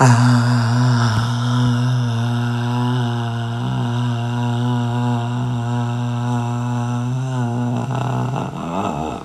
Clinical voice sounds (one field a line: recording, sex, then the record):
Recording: sustained vowel /a/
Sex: female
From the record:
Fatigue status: fatigue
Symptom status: symptomatic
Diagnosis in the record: COVID-19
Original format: m4a